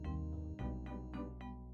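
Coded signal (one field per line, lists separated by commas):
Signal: none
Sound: background music notes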